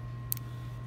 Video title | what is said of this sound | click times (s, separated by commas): Installing the 24mm Panatime Black Waterproof PU Ballistic Watch Band on my Spinnaker SP-49er Watch | then fit it in there, and then you'll feel it kind of pop into place. So that's in there. | 0.3 s